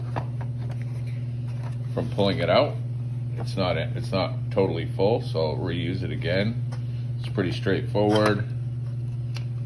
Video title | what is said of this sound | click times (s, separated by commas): Bag change for the Windsor sensor XPS | pretty straightforward slides back into place and clicks | 9.4 s